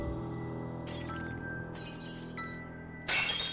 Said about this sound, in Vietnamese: Âm thanh tiếng ly tách đổ vỡ như là đâm vào tai, nghe đến rợn cả người.